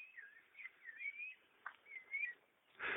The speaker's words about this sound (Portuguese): Muito bem, senhores, estou aqui exatamente no meio do nada, numa estrada de terra, escutando os sons da natureza. Vocês estão podendo escutar o passarinho aí, o barulho do vento nas árvores, bem poético.